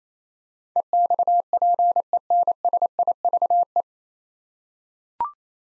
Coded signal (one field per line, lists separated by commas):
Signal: Morse code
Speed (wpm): 28 wpm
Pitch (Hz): 700 Hz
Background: none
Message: EXPENSIVE